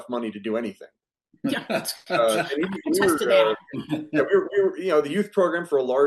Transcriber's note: laughs